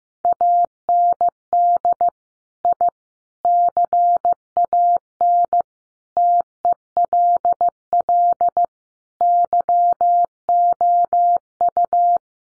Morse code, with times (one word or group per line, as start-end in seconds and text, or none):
0.2-2.1 AND
2.6-2.9 I
3.4-5.6 CAN
6.2-8.6 TELL
9.2-12.2 YOU